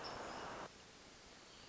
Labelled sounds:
Hermit Thrush (Catharus guttatus)
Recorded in Sonoma County, California

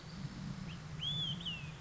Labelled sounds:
Olive-sided Flycatcher (Contopus cooperi)
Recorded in Sonoma County, California

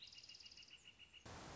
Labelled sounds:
Northern Flicker (Colaptes auratus)
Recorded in Sonoma County, California

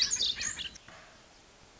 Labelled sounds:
Pacific Wren (Troglodytes pacificus)
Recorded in Sonoma County, California

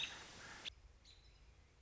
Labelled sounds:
American Robin (Turdus migratorius)
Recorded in Sonoma County, California

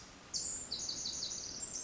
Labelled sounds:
Pacific Wren (Troglodytes pacificus)
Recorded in Sonoma County, California

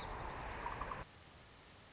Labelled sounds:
Song Sparrow (Melospiza melodia)
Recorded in Sonoma County, California

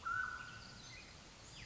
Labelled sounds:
Mountain Quail (Oreortyx pictus)
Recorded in Sonoma County, California

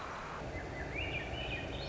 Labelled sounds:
Swainson's Thrush (Catharus ustulatus)
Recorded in Sonoma County, California

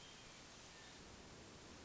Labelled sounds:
Hermit Thrush (Catharus guttatus)
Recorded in Sonoma County, California

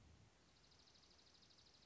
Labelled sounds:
Dark-eyed Junco (Junco hyemalis)
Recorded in Sonoma County, California

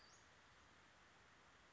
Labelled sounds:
Western Flycatcher (Empidonax difficilis)
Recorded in Sonoma County, California

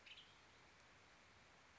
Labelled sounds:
Western Tanager (Piranga ludoviciana)
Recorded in Sonoma County, California

